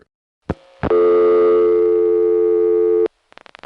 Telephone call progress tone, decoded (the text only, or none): dial tone